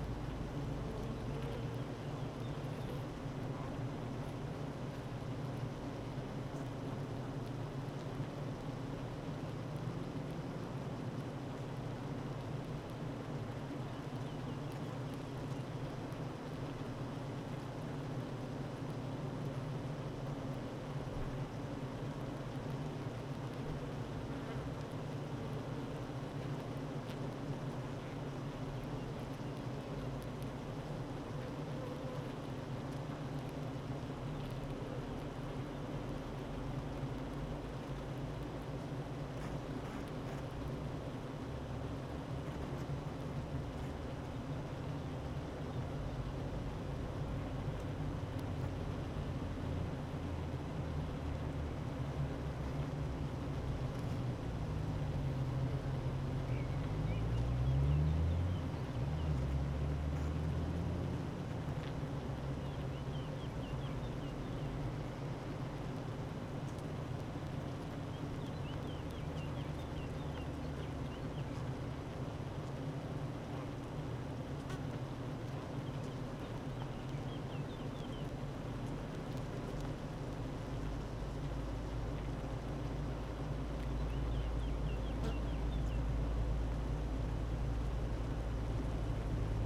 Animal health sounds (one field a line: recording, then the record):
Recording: honeybee colony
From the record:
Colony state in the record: active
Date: 12 June 2018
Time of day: 9:02